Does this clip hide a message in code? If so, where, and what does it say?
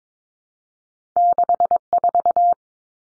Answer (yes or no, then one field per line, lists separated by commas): yes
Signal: Morse code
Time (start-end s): 1.2-2.5 s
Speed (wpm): 22 wpm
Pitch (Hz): 700 Hz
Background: none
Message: 64